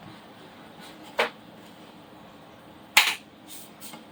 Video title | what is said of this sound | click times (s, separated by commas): CTI L995R 75mm 3 Grain Motor Build for the Jupiter 3 Rocket | Well, that snapped in place really nice. | 3.0 s